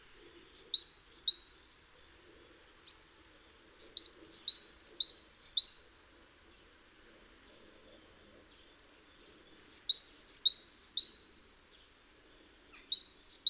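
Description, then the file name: Great tit singing bright paired notes, high then lower, in quick runs of three to five, with quiet gaps of a few seconds between runs. "Parus major"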